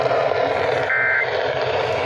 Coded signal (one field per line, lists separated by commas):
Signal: Emergency Alert System (SAME) tones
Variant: end-of-message bursts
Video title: THEN A WARNINGS FOR ALL COUNTIES EAS Alerts from 8/18/22